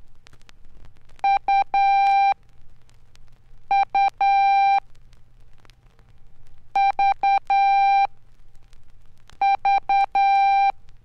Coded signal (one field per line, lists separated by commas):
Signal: Morse code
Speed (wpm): 10 wpm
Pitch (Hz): 790 Hz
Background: none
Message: U U V V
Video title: Bob Gunderson – Learn Code The Easy Way (Morse Code training record - Archer/Tandy/Radio Shack 1969)